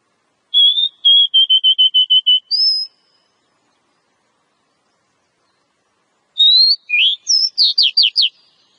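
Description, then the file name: Oriental magpie-robin song: a whistled note followed by a fast even series of repeated notes, a high rising whistle, then after a pause a varied phrase of sweeping notes. Lure song. "suara kacer pikat"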